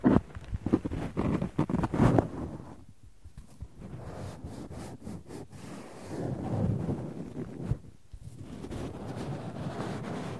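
Cotton is rubbed and squeezed with tweezers, opening with a loud, dense flurry of crackling rustles and sharp clicks for about two seconds. After that the rustling turns softer and steadier, with a short near-silent pause around the eighth second before it resumes.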